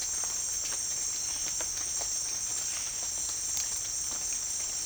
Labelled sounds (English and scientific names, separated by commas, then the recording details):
none
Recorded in pastures near Puerto Asís, Putumayo, Colombia, on 27 June 2025 at 17:00
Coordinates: 0.502, -76.324
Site G010